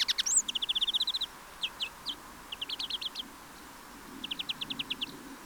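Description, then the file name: European greenfinch calls: a fast run of even, clipped notes, then shorter trilled bursts of several notes separated by brief pauses, plus one thin rising whistle. "Chloris chloris"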